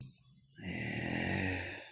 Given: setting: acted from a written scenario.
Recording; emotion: vocal sound without words; pride